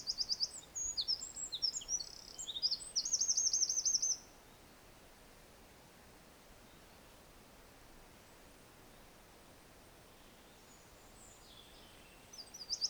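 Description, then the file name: Eurasian wren song of sharp high notes and a fast trill for about four seconds, then a long stretch of faint background hiss before the song resumes. "Troglodytes troglodytes"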